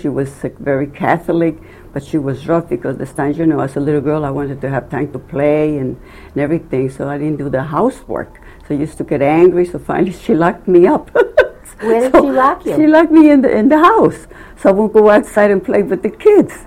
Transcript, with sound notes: She was very Catholic, but she was rough because at times, you know, as a little girl I wanted to have time to play and everything so I didn't do the housework. She used to get angry, so finally she locked me up. (laughs)
Where did she lock you?
She locked me in the house so I won't go outside and play with the kids.